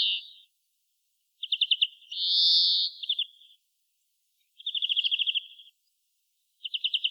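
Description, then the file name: European greenfinch song: the tail of a wheeze, short rapid trills, a drawn-out wheezy note, then further fast trilled phrases after pauses, in a quiet background. "Chloris chloris"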